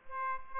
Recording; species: mosquito wingbeat signal from an infrared sensor; Aedes aegypti